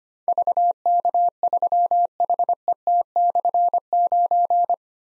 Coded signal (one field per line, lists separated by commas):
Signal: Morse code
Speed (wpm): 25 wpm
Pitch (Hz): 700 Hz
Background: none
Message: VK3HET/9